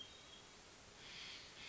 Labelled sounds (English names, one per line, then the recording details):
Hermit Thrush
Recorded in Sonoma County, California